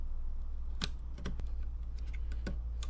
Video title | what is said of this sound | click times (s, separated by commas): Build the Perfect PC for Twinmotion & Unreal Engine: Step-by-Step Guide! | and make sure it clicks on the latch up the top here | 0.8 s